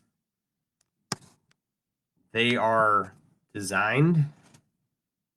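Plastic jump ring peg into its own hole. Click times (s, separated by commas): 1.1 s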